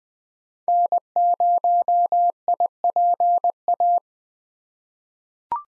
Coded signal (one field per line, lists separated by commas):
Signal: Morse code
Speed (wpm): 20 wpm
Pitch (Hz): 700 Hz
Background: none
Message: N0IPA